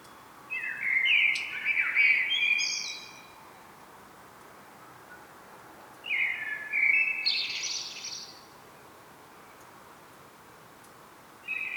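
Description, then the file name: Common blackbird singing two mellow warbled phrases, each ending in a thin high flourish, separated by several seconds of quiet; a third phrase begins at the close. "Turdus merula"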